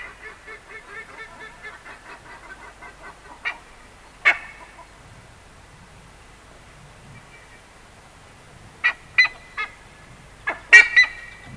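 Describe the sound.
Buff-necked ibis: a soft rapid series of honks at first, then loud separate honks, ending in a close cluster of harsh calls.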